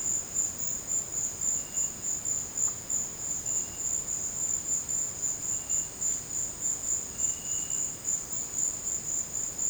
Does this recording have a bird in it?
no